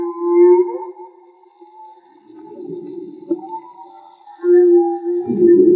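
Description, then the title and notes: Whale song: a loud tonal moan, soft rough rumbling, then a loud moan turning harsh and growling at the end. Whale song, field recording made with DIY-built hydrophones; audio cleaned afterwards. "CANTO DE BALLENAS MAGMA. Grabación de campo y construcción dehidrofonos DIY: Jorge Barco. Limpieza de audio: Santiago Minotas"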